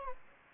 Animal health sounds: mosquito wingbeat signal from an infrared sensor; Aedes aegypti

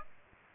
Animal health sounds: mosquito wingbeat signal from an infrared sensor; Aedes aegypti

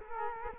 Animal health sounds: mosquito wingbeat signal from an infrared sensor; Culex quinquefasciatus

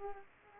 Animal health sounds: mosquito wingbeat signal from an infrared sensor; Aedes aegypti

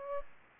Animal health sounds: mosquito wingbeat signal from an infrared sensor; Aedes aegypti

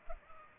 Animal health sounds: mosquito wingbeat signal from an infrared sensor; Culex pipiens

